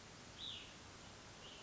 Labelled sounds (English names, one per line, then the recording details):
Cassin's Vireo
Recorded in Sonoma County, California